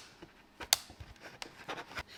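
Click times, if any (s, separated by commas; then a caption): 0.7 s. A plastic moss pole segment's tab is wiggled and pushed into the adjoining segment while the pole is being assembled. Soft scraping and rustling lead up to a sharp click at 0.7 s as the tab seats, followed by more quiet handling noises.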